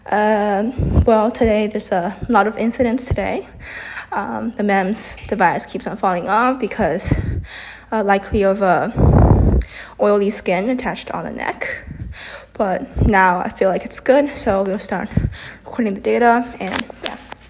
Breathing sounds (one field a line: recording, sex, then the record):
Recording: free speech after running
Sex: female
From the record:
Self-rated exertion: moderate exertion (3 of 6)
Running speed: 5 miles an hour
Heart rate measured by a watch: 140 beats a minute at the start, 142 at the end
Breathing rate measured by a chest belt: 15 breaths a minute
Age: 18 years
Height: 171 cm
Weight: 75 kg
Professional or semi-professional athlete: no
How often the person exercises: 1 to 2 times a week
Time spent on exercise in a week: under 1 hour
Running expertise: no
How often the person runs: 1 to 2 times a week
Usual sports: running, fencing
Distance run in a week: 3 km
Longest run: 21.3 km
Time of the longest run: 190 minutes